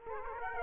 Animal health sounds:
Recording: mosquito wingbeat signal from an infrared sensor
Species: Aedes aegypti

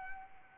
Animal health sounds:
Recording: mosquito wingbeat signal from an infrared sensor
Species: Anopheles arabiensis

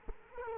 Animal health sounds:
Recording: mosquito wingbeat signal from an infrared sensor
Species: Culex quinquefasciatus

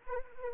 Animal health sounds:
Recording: mosquito wingbeat signal from an infrared sensor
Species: Anopheles arabiensis

